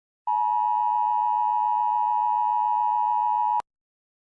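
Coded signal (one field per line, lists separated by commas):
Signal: Emergency Alert System (SAME) tones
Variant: 853 and 960 Hz attention tone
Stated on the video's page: Fictional EAS scenario of a terrorist attack on the United Kingdom, simulated with text-to-speech.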